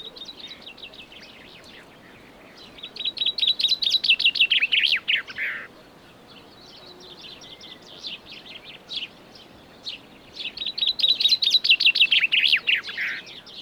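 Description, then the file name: Common chaffinch singing two complete phrases about seven seconds apart, each a bright descending trill ending in a quick flourish, with scattered faint chirps between them. "Fringilla coelebs"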